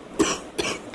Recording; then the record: coughing mixed with background sound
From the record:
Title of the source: 31 night wet cough